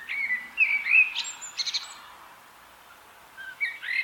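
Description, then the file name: Common blackbird song phrase of flute-like warbled notes ending in a high chattering flourish, then silence before another phrase begins. "Turdus merula"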